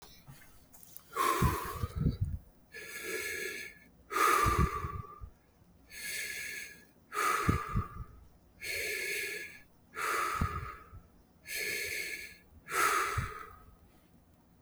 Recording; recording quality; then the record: shallow breathing; moderate, slight background noise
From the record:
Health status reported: exposed to COVID-19, no respiratory illness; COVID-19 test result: negative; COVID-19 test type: rapid antigen test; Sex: male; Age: 31 years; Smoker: yes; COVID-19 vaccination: both doses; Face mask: not worn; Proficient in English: yes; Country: Canada